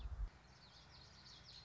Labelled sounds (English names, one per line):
Common Yellowthroat